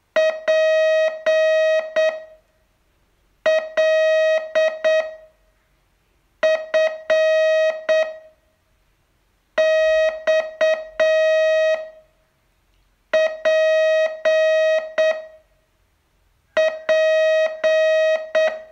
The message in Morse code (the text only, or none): P L F X P P